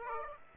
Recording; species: mosquito wingbeat signal from an infrared sensor; Aedes aegypti